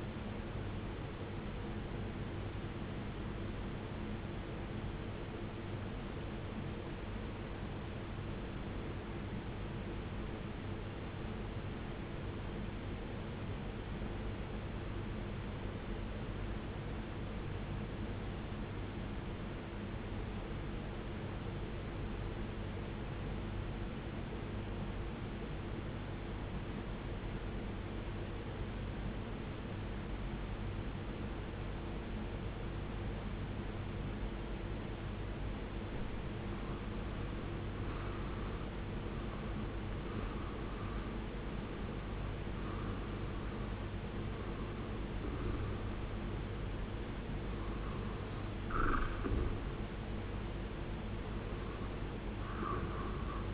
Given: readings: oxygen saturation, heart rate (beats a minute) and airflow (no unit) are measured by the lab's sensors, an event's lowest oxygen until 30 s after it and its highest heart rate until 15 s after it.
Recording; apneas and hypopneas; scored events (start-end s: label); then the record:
breathing in sleep by a voice recorder at the bedside; 1
3.00-36.40 s: obstructive apnea (N1, oxygen 95% highest, then 85% lowest, heart rate 53 at the start, 71 highest)
From the record:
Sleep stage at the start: N1 (lightest sleep); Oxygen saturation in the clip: 87 to 95%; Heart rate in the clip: 50 to 71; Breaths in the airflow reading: 6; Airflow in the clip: -15.7 to 17.4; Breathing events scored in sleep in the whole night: 389 in 6.3 hours asleep